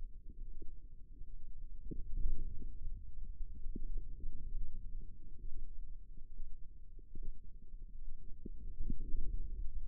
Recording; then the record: forearm muscle sounds (acoustic myography)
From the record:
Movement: radial deviation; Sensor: system 2, bracelet of six BSWA MPA416 microphones around the upper forearm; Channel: 1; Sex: female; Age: 25 years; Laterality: right